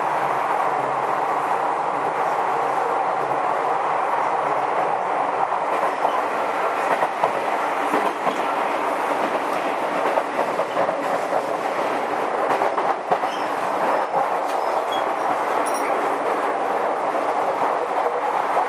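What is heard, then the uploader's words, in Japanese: Interior sound of a Tokyu 5050 series train running between Motomachi-Chukagai and Shibuya on the Toyoko and Minatomirai lines. A steady, dense rumble and hiss fills the whole stretch at an even level, with faint rhythmic clicks of wheels over rail joints scattered throughout. 東急5050系4000番台 元町・中華街ー渋谷。東急東横線、みなとみらい線で録音をしました。東急5050系 元町•中華街-渋谷。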